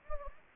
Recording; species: mosquito wingbeat signal from an infrared sensor; Anopheles gambiae